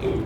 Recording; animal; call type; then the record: contact call of a hoofed animal; pig; closed-mouth grunt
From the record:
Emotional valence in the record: positive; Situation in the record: food and toys in familiar pen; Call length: 0.27 s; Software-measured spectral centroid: 1360 Hz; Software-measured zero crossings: 780 a second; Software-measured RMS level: -25 dBFS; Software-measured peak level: -17 dBFS